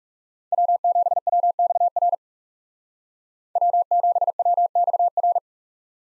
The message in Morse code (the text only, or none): W7WXR W7WXR